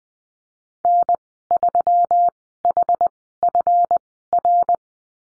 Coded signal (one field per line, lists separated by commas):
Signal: Morse code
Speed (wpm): 20 wpm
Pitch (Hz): 700 Hz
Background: none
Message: N3HFR